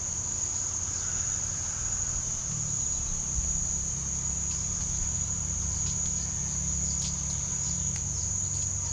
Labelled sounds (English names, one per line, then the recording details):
none
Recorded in pastures near Puerto Asís, Putumayo, Colombia, on 29 June 2025 at 08:00
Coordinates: 0.497, -76.327
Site G040